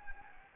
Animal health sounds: mosquito wingbeat signal from an infrared sensor; Anopheles gambiae

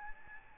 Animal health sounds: mosquito wingbeat signal from an infrared sensor; Aedes albopictus

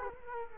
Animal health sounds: mosquito wingbeat signal from an infrared sensor; Culex quinquefasciatus

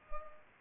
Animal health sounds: mosquito wingbeat signal from an infrared sensor; Culex pipiens

